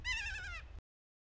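Kea call: a single nasal screech rich in harmonics, held for under a second with a slight downward slide.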